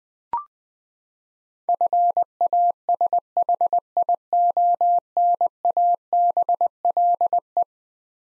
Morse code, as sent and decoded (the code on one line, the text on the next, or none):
..-. .- ... .... .. --- -. .- -... .-.. .
FASHIONABLE